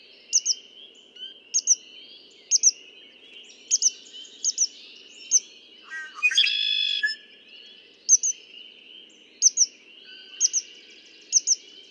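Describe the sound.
Red-winged blackbird song: a loud buzzy trill bursts out midway, among repeated short, high paired chips over a steady background.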